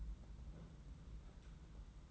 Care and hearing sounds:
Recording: daily activity, microphone in the room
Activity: place on stove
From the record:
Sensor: 3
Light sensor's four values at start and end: 24/74/30/25 and 24/74/30/25

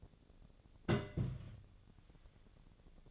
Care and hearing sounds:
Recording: daily activity, microphone in the room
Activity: place on stove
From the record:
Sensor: 4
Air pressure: 1000.8 hPa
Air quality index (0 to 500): 125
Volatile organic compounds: 1 ppm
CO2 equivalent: 942 ppm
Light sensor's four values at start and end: 43/104/44/49 and 43/106/45/49

